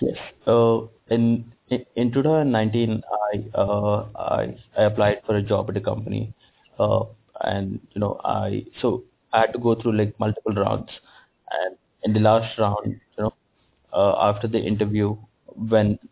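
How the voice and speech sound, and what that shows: Adult man speaks with stammering: prolonged sounds, a repeated "I" and long hesitant pauses. He has stammered since lower kindergarten, with an onset attributed to psychological causes after his father shouted at him, and his stammering is triggered by nervousness and unfamiliar people.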